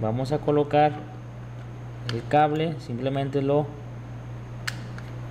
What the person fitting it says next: we put until it clicks there it is already placed